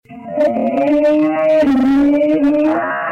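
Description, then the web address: Wolf howl: a loud, sustained, fairly level tone with rich harmonics, held for about three seconds with a slight dip midway and some background hiss. "lupi"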